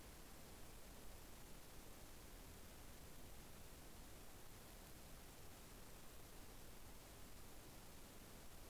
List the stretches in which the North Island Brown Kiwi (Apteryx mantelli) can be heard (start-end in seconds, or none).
none